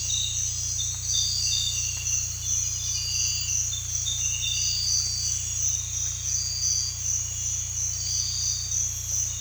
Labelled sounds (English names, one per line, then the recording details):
none
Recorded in dense forest near Puerto Asís, Putumayo, Colombia, on 16 December 2024 at 05:30
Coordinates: 0.467, -76.328
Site GP05